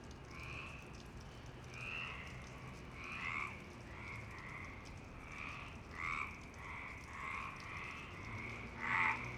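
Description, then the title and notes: Frogs giving short rattling croaks, several callers at irregular intervals, with one louder croak near the end. Several frogs in Parc Longchamp, Marseille, Provence-Alpes-Côte d'Azur, France, 26 March 2011 at 19:35; recorded on a MixPre 6 with Basic Ucho microphones. "Marseille, Provence-Alpes-Côte d'Azur, France - 26_03_11_19_35 Longchamps_004 grenouilles. Grenouilles au parc de Longchamp MIXPRE 6 + BASIC UCHO"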